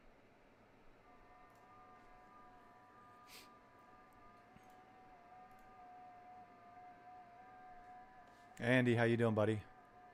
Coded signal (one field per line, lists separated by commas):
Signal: FT8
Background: speech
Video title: Alpha HOA Buster Gutter Antenna - Come QSO me on FT8